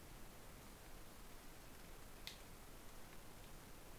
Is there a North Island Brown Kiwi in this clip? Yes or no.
no